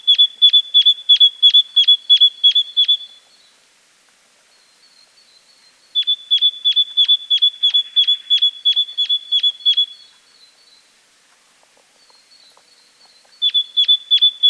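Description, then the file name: Great tit calling in long rapid runs of sharp, ringing high notes, about three per second, separated by pauses of about three seconds that carry a faint thin whistle. "Parus major"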